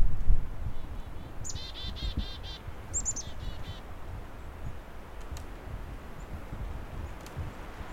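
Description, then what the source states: Chickadee calls, a run of quick buzzy notes near the start followed by another short burst, then sparse faint ticks over low background noise. About four chickadees sitting in a berry tree directly above the recordist, heard outdoors in cold, frozen conditions.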